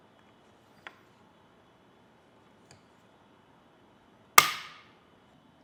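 A torque-limiting Allen key tightens a crossbar bolt on a Thule WingBar Edge roof rack for flush rails on a 2024 Jeep Compass. Two faint ticks at about 0.9 s and 2.7 s precede a sharp, loud click at 4.4 s with a brief ringing decay. The torque device clicks to confirm the bolt is fully tight and the crossbar is secured.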